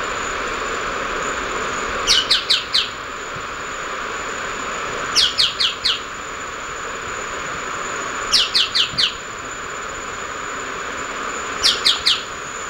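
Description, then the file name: Choco Tapaculo calling in quick groups of four sharp, downslurred notes, the groups spaced roughly three seconds apart against continuous background hiss. "Scytalopus chocoensis - Choco Tapaculo"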